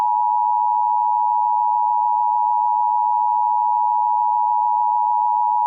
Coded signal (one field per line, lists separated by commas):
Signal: Emergency Alert System (SAME) tones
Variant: 853 and 960 Hz attention tone